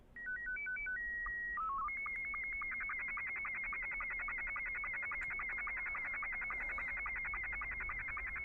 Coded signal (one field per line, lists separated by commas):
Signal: SSTV (slow-scan television)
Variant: Scottie 2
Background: speech